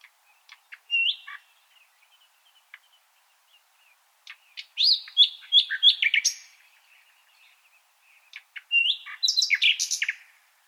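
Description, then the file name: Common nightingale singing: clipped notes lead into two rich, varied phrases of sharp whistles and quick chattering, with a pause between them. "Luscinia megarhynchos"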